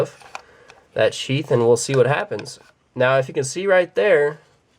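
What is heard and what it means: A SOG NW Ranger fixed-blade knife is handled at a plastic bushcraft sheath, with two short, sharp knocks at 0.4 s and 0.7 s before someone talks through most of the clip. The knife has not yet snapped into the sheath, and nothing has seated or clicked by the end.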